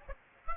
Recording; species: mosquito wingbeat signal from an infrared sensor; Aedes aegypti